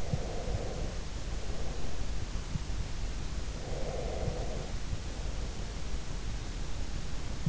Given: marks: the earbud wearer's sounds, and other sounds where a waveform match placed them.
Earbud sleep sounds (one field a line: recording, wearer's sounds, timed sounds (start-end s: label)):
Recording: sounds in sleep by an in-ear microphone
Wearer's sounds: breath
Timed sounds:
0.00-1.98 s: breath
3.74-5.78 s: breath